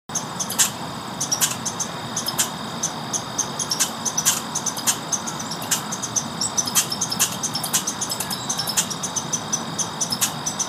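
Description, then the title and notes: Squirrel chirping: sharp, clicky chirps repeated irregularly, over a steady high insect buzz. One very vocal squirrel chirping at the start of the recording, in a forest bird sanctuary near a high school, dated 12.10.13. "Bois Chomedey. A really vocal chirping squirrel is heard at the beginning with some traffic and a nearby football match in the background"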